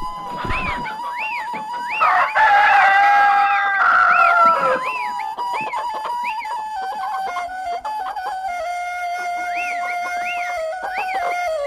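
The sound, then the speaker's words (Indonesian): Birds chirp in repeated rising-and-falling calls over a steady sustained tone in a village in Minang country, with a louder burst of clucking and crowing fowl early on. No one speaks. “Kicauan burung serta kampung yang tenteram dan damai.”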